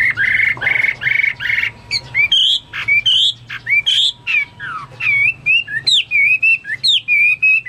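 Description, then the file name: Chinese hwamei song: loud, varied whistled phrases, some slurred up and down, others in quick repeated notes. "omkicau hwamei"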